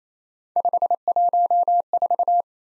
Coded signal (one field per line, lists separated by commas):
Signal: Morse code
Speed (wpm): 32 wpm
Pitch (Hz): 700 Hz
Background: none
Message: 514